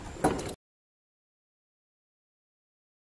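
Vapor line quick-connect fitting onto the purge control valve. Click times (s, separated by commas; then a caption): 0.2 s. The fuel vapor line quick-connect fitting is pushed onto a new purge control valve A on a Ford, replaced for code P0443 because the diaphragm inside the old valve had gone bad. A short burst of low handling noise peaks in a sharp click at 0.3 s, then the clip falls silent from about 0.55 s. The connector clicks in and is seated, with the lock tab on the other side then pulled to secure it.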